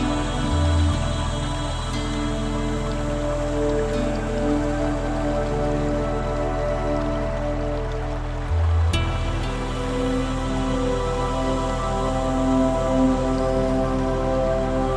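Calm meditation music plays as a thick, sustained drone of layered held tones, low and steady throughout. A soft watery hiss runs underneath like gentle rain. Near the start and again at about nine seconds, the chord briefly drops out and shifts.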